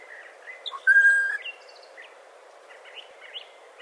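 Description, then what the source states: Unidentified bird gives one steady whistled note after a short lead-in, with soft chirps scattered through the background. Recorded 2011-04-21; species not identified.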